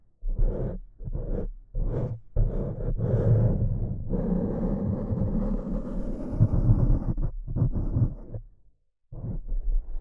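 Tapping and scratching on a surface: short, irregular dull knocks and scrapes through the first four seconds, then a continuous rough scratching from about four to seven seconds. A few more quick taps follow, a brief silence near nine seconds, then scratching resumes.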